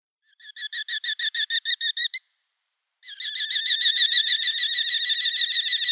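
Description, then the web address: Eurasian hobby nestling calling: a rapid string of harsh, squealy notes, a short break, then an almost continuous stream of quickly repeated screeching calls. "Schulze Peter Hobby"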